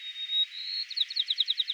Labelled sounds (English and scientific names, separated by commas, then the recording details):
White-crowned Sparrow (Zonotrichia leucophrys) song
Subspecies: nuttalli
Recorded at Elkhorn Slough, California, in 2014
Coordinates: 36.810, -121.789
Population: admixed
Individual ELKH_maleC